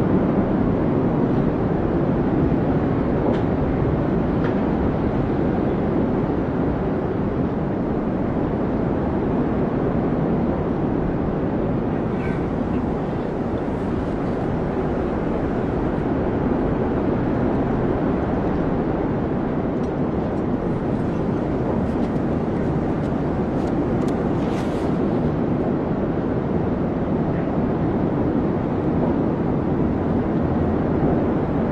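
Strong wind roars without a break, a thick, steady low rumble that barely changes in level across the whole stretch. Faint, brief ticking and rattling sounds come through now and then, most clearly around the middle and again near twenty-five seconds.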